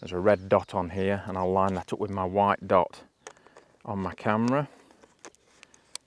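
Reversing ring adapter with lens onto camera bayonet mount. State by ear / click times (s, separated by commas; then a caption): seated / 5.9 s. Someone talks while lining up the red dot on a lens mounted on a reversing ring adapter with the white dot on a Sony E-mount camera body. A series of small ticks follows as the adapter is twisted onto the bayonet mount. It clicks into place at 6.0 s, seating the reversed lens.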